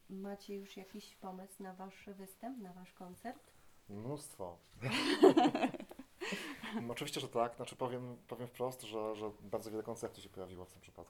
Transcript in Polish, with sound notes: Macie już jakiś pomysł na Wasz występ, na Wasz koncert?
Mnóstwo. (śmiech) Oczywiście, że tak. Powiem wprost, że bardzo wiele koncepcji się pojawiło w tym przypadku.